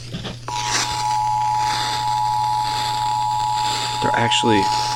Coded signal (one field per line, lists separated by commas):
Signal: Emergency Alert System (SAME) tones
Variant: 853 and 960 Hz attention tone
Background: speech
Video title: EAS 310 - TOR-C from WXM32 on WJSP